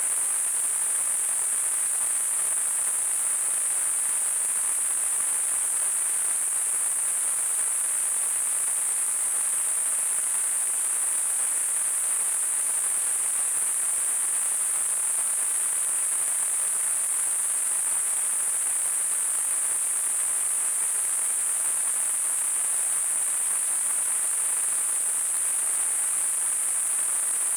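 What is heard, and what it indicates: A constant, very high-pitched hissing whistle sits over softer broad hiss and stays unchanged for about 28 seconds. It is a simulated tinnitus sound, imitating the phantom ringing or hissing a person hears with no outside source.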